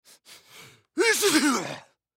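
Three quick building inhalations, then one loud, drawn-out voiced burst: a single long sneeze from a fifty-year-old man, a sound effect.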